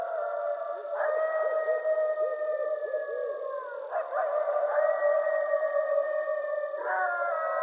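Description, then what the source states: Coyote howls, long sustained steady tones held for several seconds, each starting abruptly, with a low wavering yodel running underneath. Several coyotes recorded on 20 January 2012.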